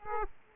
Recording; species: mosquito wingbeat signal from an infrared sensor; Aedes aegypti